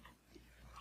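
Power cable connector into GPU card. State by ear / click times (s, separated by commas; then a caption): not seated / none. A power cable connector is handled against an Nvidia RTX Pro 6000 Blackwell Server Edition GPU card before the card goes into its slot in a ProLiant DL380a Gen12 server. Soft handling rustles and faint scrapes are heard, with a brief tap near 0.1 s. Nothing has seated or clicked yet.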